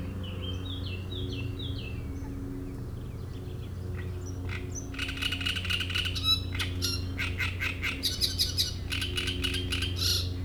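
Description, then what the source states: Great reed warbler song in loud harsh chattering bursts from midway, after soft whistles at the start, over a steady low hum. Reed bed at Chatillon beach, Chindrieux, France; shrill song of a migrant from Africa that can sing day and night.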